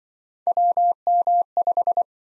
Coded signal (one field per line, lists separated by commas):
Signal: Morse code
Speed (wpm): 26 wpm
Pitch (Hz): 700 Hz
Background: none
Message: WM5